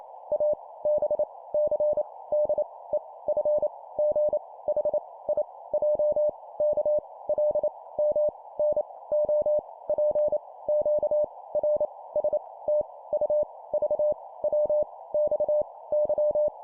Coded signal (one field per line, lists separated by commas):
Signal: Morse code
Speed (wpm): 28 wpm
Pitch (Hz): 600 Hz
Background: none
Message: A B C D E F G H I J K L M N O P Q R S T U V W X Y